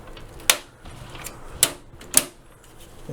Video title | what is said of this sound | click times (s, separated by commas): Archangel/Shadow 3 front I/O panel replacement | go once it clicks into place you can see the alignment is perfect again on that | 0.5 s, 1.6 s, 2.2 s